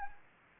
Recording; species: mosquito wingbeat signal from an infrared sensor; Anopheles gambiae